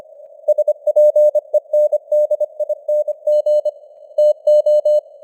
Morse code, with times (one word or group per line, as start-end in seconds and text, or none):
0.5-3.7 SPENDING
4.2-5.0 TO